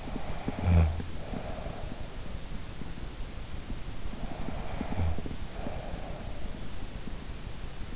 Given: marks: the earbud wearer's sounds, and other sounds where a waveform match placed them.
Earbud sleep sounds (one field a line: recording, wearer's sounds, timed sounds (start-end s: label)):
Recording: sounds in sleep by an in-ear microphone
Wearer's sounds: snoring breath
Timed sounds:
0.00-2.13 s: snoring breath
4.04-6.34 s: snoring breath